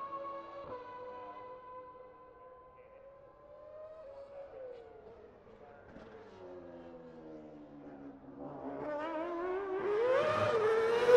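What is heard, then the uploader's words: Formula 1 cars with V8 and V10 engines scream past, their high, whining engine notes sliding in pitch as they pass. The sound holds steady and fairly quiet for several seconds, dips, then swells sharply near the end as another car roars by. McLaren Formula 1 V8s and V10s at Monterey.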